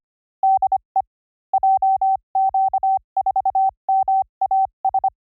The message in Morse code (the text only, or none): DE JQ4MAS